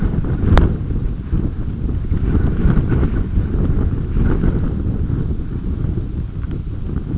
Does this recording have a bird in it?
no